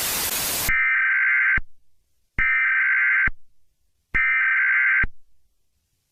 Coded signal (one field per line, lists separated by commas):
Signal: Emergency Alert System (SAME) tones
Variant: header bursts